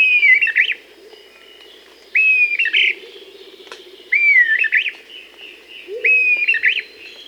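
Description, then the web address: Dusky-tailed flatbill repeating a short whistled phrase, a slurred note followed by sharp upward flicks, about every two seconds, with a fainter lower sound beneath. Recorded in Bolivia and Peru. "Birds of the Amazon 3. Dusky-tailed Flatbill (Ramphotrigon fuscicauda), Bolivia, Peru"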